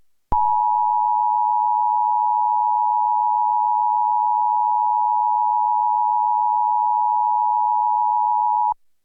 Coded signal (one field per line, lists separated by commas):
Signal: Emergency Alert System (SAME) tones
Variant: 853 and 960 Hz attention tone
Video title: DirecTV EAS Test (July 28th, 2009)